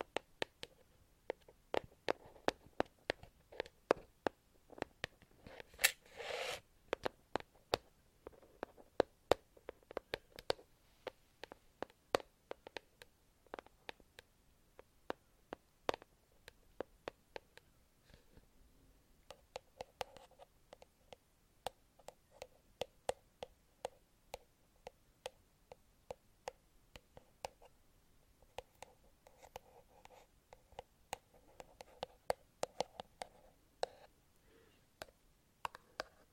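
Sharp, intense tapping sounds in quick irregular bursts throughout, with short pauses and a brief scratchy brushing sound around six seconds.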